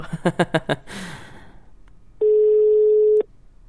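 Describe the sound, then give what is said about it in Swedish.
A single steady, mid-pitched ringback tone of an outgoing phone call sounds for about a second, loud and even, after a few short vocal bursts and a breathy sigh. “Du förstår varför vi ringer.”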